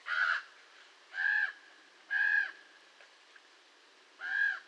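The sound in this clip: Raven calls: four rough, arched caws, the last after a longer pause.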